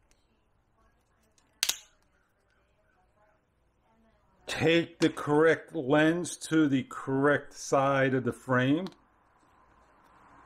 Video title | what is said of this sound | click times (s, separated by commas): 4k sunglasses review | they should snap out as you can hear | 1.6 s